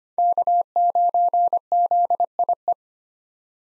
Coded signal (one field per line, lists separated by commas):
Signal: Morse code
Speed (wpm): 25 wpm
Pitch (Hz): 700 Hz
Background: none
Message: K9ZIE